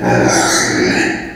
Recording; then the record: squeal of a Yucatan mini pig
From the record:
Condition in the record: before surgery on the right vocal fold (resection and tissue-engineered implant); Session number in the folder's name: 3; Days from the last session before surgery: 0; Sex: female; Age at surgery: 19 weeks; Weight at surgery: 25 kg